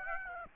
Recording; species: mosquito wingbeat signal from an infrared sensor; Aedes aegypti